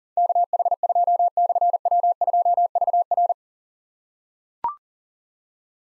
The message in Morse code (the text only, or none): KH2/W2VR